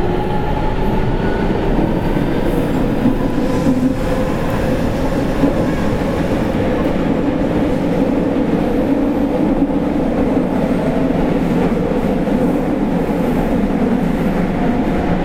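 Running sound of a 207 series electric train, a steady low rumble and roar that holds at the same loudness throughout. A faint whining tone drifts slowly in pitch, with dense rattling texture over it and no distinct separate events.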